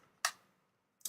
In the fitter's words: And because it magnetically grabs them in, they just snap in place.